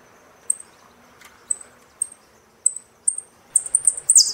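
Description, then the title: Saffron finch song: short thin high notes repeated at intervals, building into a fast, dense burst of ringing chirps at the end. "Jilguero Argentino"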